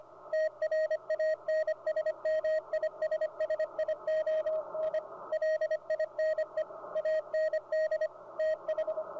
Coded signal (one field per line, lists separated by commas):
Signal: Morse code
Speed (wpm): 26 wpm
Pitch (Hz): 630 Hz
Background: radio noise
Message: TRANSMISSION LINE AND TH